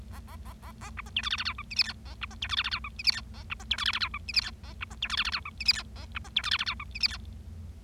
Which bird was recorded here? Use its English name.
Bengalese Finch